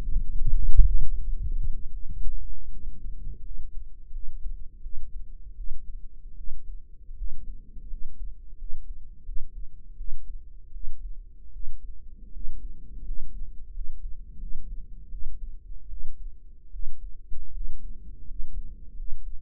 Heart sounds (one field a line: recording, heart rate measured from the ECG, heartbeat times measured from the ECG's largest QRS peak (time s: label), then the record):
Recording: heart sounds by microphone in the right ear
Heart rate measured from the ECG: 80 bpm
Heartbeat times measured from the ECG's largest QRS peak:
1.03 s: heartbeat
1.91 s: heartbeat
2.71 s: heartbeat
3.43 s: heartbeat
4.12 s: heartbeat
4.82 s: heartbeat
5.56 s: heartbeat
6.36 s: heartbeat
7.16 s: heartbeat
7.89 s: heartbeat
8.58 s: heartbeat
9.25 s: heartbeat
9.97 s: heartbeat
10.72 s: heartbeat
11.52 s: heartbeat
12.32 s: heartbeat
13.04 s: heartbeat
13.73 s: heartbeat
14.39 s: heartbeat
15.10 s: heartbeat
15.89 s: heartbeat
16.71 s: heartbeat
17.52 s: heartbeat
18.27 s: heartbeat
18.95 s: heartbeat
From the record:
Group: healthy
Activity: rest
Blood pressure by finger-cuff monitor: 133/71 mmHg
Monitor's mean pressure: 85 mmHg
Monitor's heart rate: 79 bpm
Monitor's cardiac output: 7.6 L/min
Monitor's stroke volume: 92 mL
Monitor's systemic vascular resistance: 810 dyn s/cm5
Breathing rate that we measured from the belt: 12 breaths a minute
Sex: male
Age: 23 years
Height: 179 cm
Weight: 87 kg